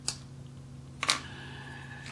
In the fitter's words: plugs in there really tight you can hear it click in